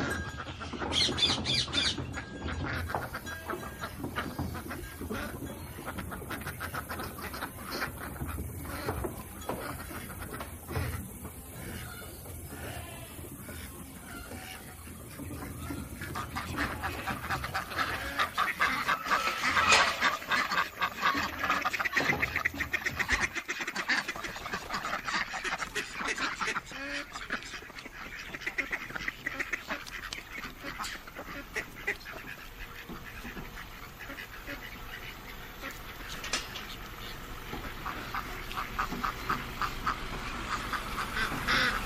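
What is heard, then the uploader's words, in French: Farm animals heard up close, with ducks quacking and squawking in a busy, steady stream of calls over a low rumbling background throughout. A la ferme avec ses animaux.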